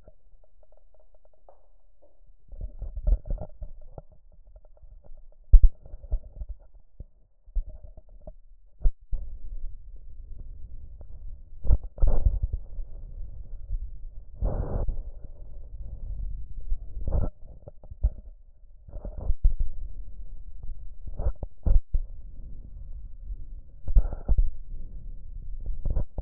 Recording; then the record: lung sounds by stethoscope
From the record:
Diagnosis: chronic bronchitis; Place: left posterior upper chest